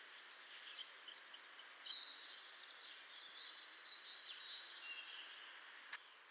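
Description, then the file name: Great tit calls, a quick run of about eight bright high chirps over two seconds, followed by fainter thin notes and a lone click near the end. "Parus major"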